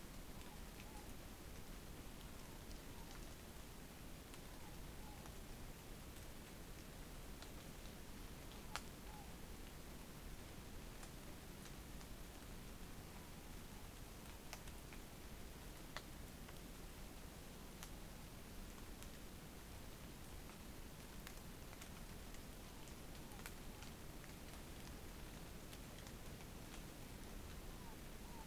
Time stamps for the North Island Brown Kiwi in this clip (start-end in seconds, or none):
none